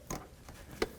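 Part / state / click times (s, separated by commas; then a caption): ABS sensor wire plastic connector into its mating harness connector / seated / 0.8 s. A plastic ABS wheel-speed sensor wire connector is pushed into its mating harness connector at the front hub of a 2007-2017 Ford Expedition during a 4WD hub actuator replacement. Two softer ticks come at 0.1 s and 0.5 s, then a sharp, bright click at 0.8 s as the connector seats.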